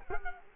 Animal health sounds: mosquito wingbeat signal from an infrared sensor; Culex quinquefasciatus

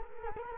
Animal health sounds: mosquito wingbeat signal from an infrared sensor; Culex quinquefasciatus

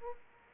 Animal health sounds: mosquito wingbeat signal from an infrared sensor; Aedes aegypti

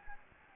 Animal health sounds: mosquito wingbeat signal from an infrared sensor; Anopheles gambiae

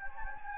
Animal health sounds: mosquito wingbeat signal from an infrared sensor; Anopheles gambiae

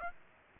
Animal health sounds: mosquito wingbeat signal from an infrared sensor; Aedes aegypti

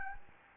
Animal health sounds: mosquito wingbeat signal from an infrared sensor; Anopheles gambiae

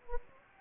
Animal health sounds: mosquito wingbeat signal from an infrared sensor; Anopheles gambiae

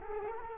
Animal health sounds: mosquito wingbeat signal from an infrared sensor; Culex quinquefasciatus

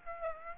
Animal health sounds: mosquito wingbeat signal from an infrared sensor; Aedes aegypti

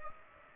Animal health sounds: mosquito wingbeat signal from an infrared sensor; Aedes aegypti

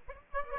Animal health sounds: mosquito wingbeat signal from an infrared sensor; Aedes aegypti

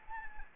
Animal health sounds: mosquito wingbeat signal from an infrared sensor; Anopheles arabiensis

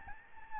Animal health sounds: mosquito wingbeat signal from an infrared sensor; Aedes albopictus

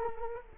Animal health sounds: mosquito wingbeat signal from an infrared sensor; Culex quinquefasciatus

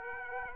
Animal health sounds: mosquito wingbeat signal from an infrared sensor; Aedes aegypti

